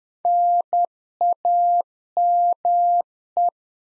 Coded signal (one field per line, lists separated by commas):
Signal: Morse code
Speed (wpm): 10 wpm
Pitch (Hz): 700 Hz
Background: none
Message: NAME